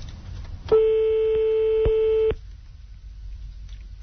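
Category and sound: signal or alarm, telephone ringing tone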